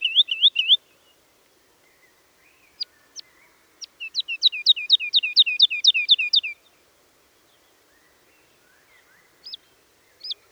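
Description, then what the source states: Woodlark singing: a short fluty figure, scattered single high notes, then a run of about a dozen looping whistled notes, followed by quiet and a few sharp notes. Recorded at Dittenheim on 30 March 2014.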